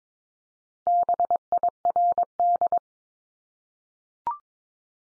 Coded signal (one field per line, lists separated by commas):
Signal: Morse code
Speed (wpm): 22 wpm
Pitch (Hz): 700 Hz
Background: none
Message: BIRD